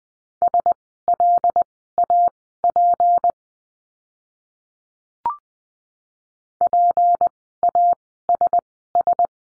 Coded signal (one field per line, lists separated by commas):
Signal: Morse code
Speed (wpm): 20 wpm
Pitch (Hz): 700 Hz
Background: none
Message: SLAP PASS